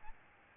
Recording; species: mosquito wingbeat signal from an infrared sensor; Aedes albopictus